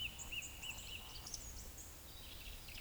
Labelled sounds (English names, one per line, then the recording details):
Eurasian Woodcock whistle
Eurasian Woodcock croak
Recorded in Baden-Württemberg, Germany, on 11 June 2021 at 19:42 UTC
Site 24608, 624 m above sea level